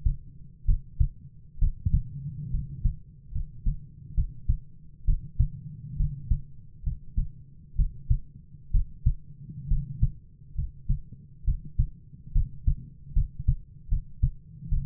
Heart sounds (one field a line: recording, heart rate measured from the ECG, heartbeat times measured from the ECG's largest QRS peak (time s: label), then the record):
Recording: heart sounds by stethoscope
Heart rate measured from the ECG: 68 bpm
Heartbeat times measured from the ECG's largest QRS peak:
0.65 s: heartbeat
1.58 s: heartbeat
2.50 s: heartbeat
3.31 s: heartbeat
4.14 s: heartbeat
5.04 s: heartbeat
5.96 s: heartbeat
6.83 s: heartbeat
7.75 s: heartbeat
8.70 s: heartbeat
9.67 s: heartbeat
10.54 s: heartbeat
11.43 s: heartbeat
12.32 s: heartbeat
13.12 s: heartbeat
13.88 s: heartbeat
14.68 s: heartbeat
From the record:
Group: healthy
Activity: rest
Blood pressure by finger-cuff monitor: 100/52 mmHg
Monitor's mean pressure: 61 mmHg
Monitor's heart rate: 67 bpm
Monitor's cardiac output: 7.4 L/min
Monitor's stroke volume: 111 mL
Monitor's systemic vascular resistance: 590 dyn s/cm5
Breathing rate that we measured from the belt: 16 breaths a minute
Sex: male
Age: 22 years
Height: 185 cm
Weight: 112.4 kg